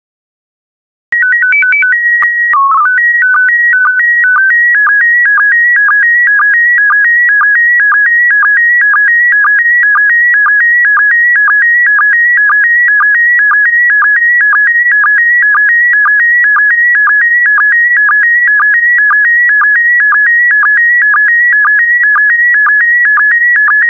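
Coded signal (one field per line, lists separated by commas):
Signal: SSTV (slow-scan television)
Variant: PD120 mode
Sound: short calibration tones, then a steady warbling scan with regular clicks about twice a second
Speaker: complete. You can now check your decoded image against the picture that is shown on the video.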